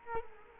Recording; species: mosquito wingbeat signal from an infrared sensor; Culex quinquefasciatus